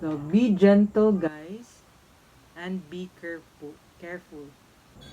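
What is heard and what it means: A part of a 26 cm portable ring light is being handled and gently pushed toward its mount or stand during assembly, while someone talks throughout. Only the voice and faint handling are heard. Nothing has seated or clicked yet.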